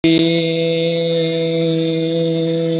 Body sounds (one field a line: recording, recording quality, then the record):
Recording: sustained vowel as in beet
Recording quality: excellent, no background noise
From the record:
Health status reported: recovered from COVID-19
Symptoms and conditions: none ticked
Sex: male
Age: 24 years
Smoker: not ticked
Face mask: not worn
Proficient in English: yes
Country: India